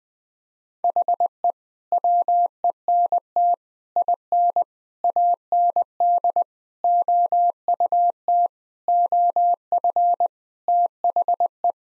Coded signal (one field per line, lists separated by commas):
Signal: Morse code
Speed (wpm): 21 wpm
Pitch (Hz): 700 Hz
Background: none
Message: HE WENT IN AND OUT OF THE